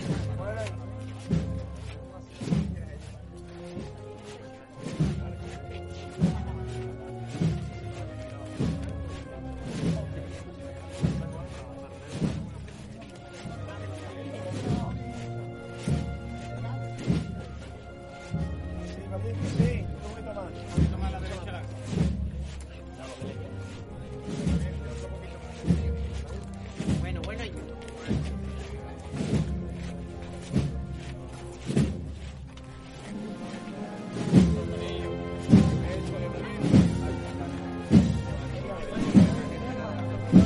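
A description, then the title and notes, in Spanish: The procession of María Santísima de Salud y Esperanza moves through the San Benito neighborhood. Steady beats land about once a second under sustained low tones, like a marching band, throughout. Near the 34-second mark the sound grows louder and fuller. Sonidos del trasncurrir del paso de María Santísima de Salud y Esperanza por el barrio de San Benito en su regreso tras haber participado del Vía Lucis Mariano.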